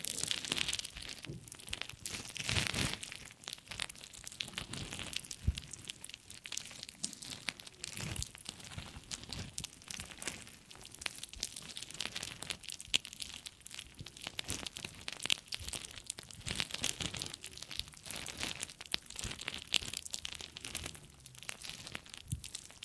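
Ear cleaning sounds: dense, bright scratching and crinkling rustles with frequent quick bursts, continuing unevenly for the whole stretch without pause.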